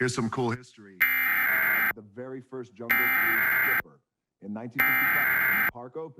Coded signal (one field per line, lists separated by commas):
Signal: Emergency Alert System (SAME) tones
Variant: header bursts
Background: speech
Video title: KOAM/KGET/WGBA/WBAY/KQDS Emergency Alert System (EAS) Tests, Summer 2021